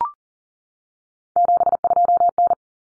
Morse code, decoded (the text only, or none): 72N